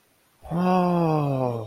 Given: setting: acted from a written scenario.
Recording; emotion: vocal sound without words; awe